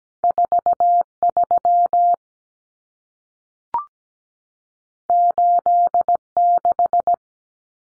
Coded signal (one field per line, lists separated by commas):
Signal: Morse code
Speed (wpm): 17 wpm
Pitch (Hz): 700 Hz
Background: none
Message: 43 86